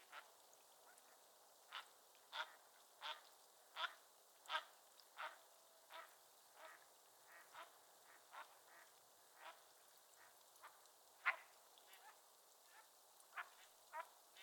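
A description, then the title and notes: Mallard ducks quack in a steady series of short, clipped calls, roughly one every half second to second, spread evenly through the whole stretch. The calls sound bright. Beneath them runs a soft, constant hiss of outdoor background with no low rumble. A Morning on Otter Creek with a Raft of Ducks. A raft of Mallard Ducks. I left a recorder and microphones attached to a tree close to the bank of the creek. Location: Sleeping Bear Dunes National Lakeshore.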